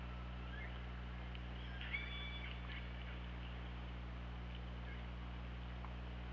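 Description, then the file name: Killer whale calls, a few rising and flat tonal squeals, clustered around the two-second mark, over a steady low drone. OrcaLab, 24 August 2017, 21:06. "Orca Lab 20170824 210617"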